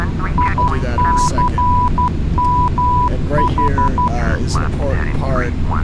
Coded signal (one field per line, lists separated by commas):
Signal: Morse code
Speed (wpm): 12 wpm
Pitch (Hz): 990 Hz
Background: speech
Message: ICMH